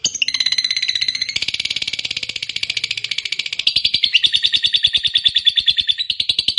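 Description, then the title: Lovebird song: an unbroken stream of rapid, buzzy, metallic chattering notes that continues steadily to the end. Fighter-type lovebird singing energetically (gacor). "SUARA Lovebird FIGHTER GACOR"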